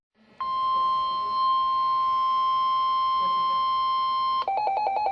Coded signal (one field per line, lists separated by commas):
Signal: Emergency Alert System (SAME) tones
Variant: 1050 Hz attention tone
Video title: November 5th 2017 Severe Weather Outbreak! 6 EAS Alerts + STORM FOOTAGE